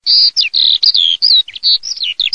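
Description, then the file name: Eurasian skylark singing a rapid, near-continuous run of high twittering notes, some sliding down in pitch, others buzzy and trilled, with only brief gaps. "ALLODOLAMORENO"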